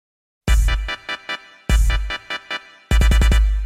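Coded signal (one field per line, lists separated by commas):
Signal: none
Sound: music intro beats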